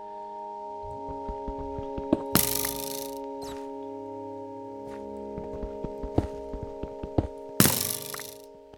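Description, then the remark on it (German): Minecraft block-mining effects: scattered clicky taps and two louder, crunchy bursts as blocks break, over a steady sustained tonal drone. No one speaks. “Dabei ist es einfach nur die Pfeile, die ich gerade abbaue.”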